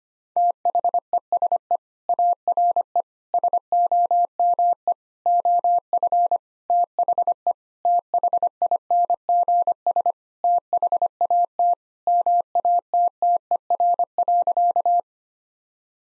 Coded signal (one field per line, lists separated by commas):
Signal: Morse code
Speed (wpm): 25 wpm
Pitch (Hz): 700 Hz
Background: none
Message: THESE ARE SOME OF THE THINGS THAT MATTER.